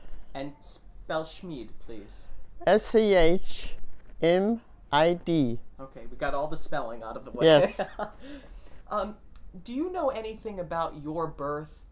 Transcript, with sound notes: And spell Schmid.
S-C-H-M-I-D.
Okay. We got all the spelling out of the way. (he laughs)
Yes.
Do you know anything about your birth?